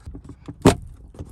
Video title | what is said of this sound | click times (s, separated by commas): 2019+ Ram Interior LED Upgrade By Lasfit | you're just going to push one finger in each corner like that and they should click in | 0.7 s